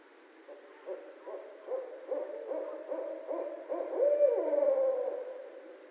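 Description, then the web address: Barred owl hooting, a run of short gruff hoots building to a louder drawn-out hoot that drops at the end. Recorded 26 February 2012. "Barred Owl 2012 02 26 Barred Owl"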